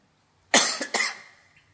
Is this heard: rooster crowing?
no